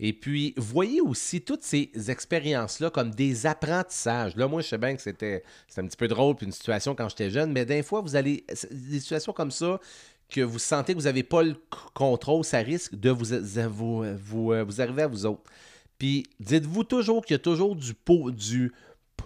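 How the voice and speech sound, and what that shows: Mostly fluent French from an adult man who stutters in everyday life, reading aloud an excerpt from the book "Go, c'est maintenant", with a stalled, repeated "vous, vous, vous" and stretched sounds: stuttering.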